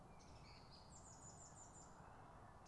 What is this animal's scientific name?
Turdus philomelos